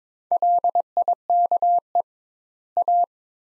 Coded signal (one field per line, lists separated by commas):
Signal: Morse code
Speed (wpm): 22 wpm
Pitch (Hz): 700 Hz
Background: none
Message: LIKE A